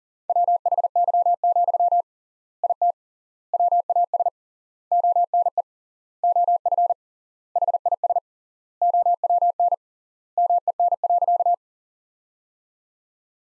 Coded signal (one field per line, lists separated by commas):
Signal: Morse code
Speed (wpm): 40 wpm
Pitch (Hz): 700 Hz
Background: none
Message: WHY, IT WAS ONE OF HIS OWN MEN.